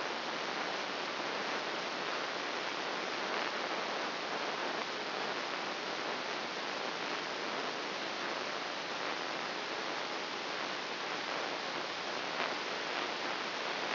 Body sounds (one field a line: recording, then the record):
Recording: brain microelectrode recording played as sound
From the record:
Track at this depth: inside the subthalamic nucleus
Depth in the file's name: 5.905 mm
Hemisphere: left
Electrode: 3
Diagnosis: Parkinson's disease